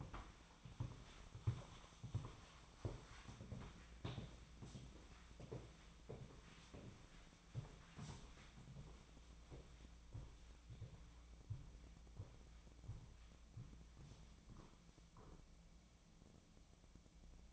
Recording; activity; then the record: daily activity, microphone in the room; walk to room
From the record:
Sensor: 1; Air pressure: 1010.2 hPa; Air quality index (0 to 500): 184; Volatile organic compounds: 16 ppm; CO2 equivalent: 2526 ppm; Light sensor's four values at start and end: 38/98/40/50 and 40/104/43/53